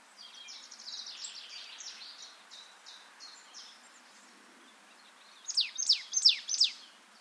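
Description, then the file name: Marsh tit calls, a soft high chattering sequence early on, then a quiet gap before four loud, sharp descending notes near the end. "Poecile palustris"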